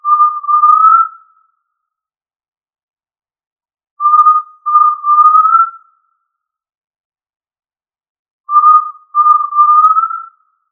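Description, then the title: Tinamou calling in pure whistled phrases about every four seconds, each a note, a shorter one and a longer tone rising slightly at the end, in silence. "Familia Tinamidae - Quail - Puyuh"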